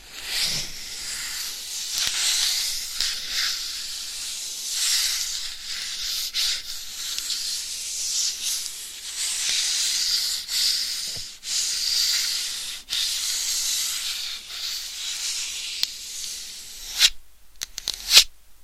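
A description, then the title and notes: Long nails scratch across a microphone in a continuous bright, hissy rasp that swells and fades in uneven strokes. Occasional sharp taps cut through, with a brief near-silence around seventeen seconds before a few louder clicks at the end. ASMR Binaural Mic Scratching & Tapping for 100% SLEEP No Talking with Long Nails.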